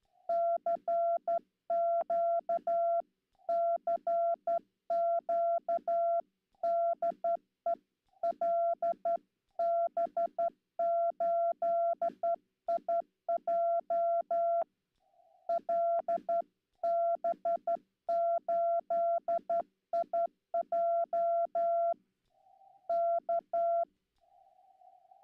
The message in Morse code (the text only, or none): CQ CQ DE LB8IJ LB8IJ K